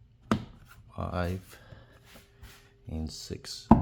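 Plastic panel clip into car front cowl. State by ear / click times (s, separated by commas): seated / 0.3 s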